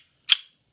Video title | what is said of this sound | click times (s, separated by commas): SRC TT-33 Limited Edition GBB Tokerev Airsoft Review (Airsoft) | There we go. And then that should click into place, | 0.3 s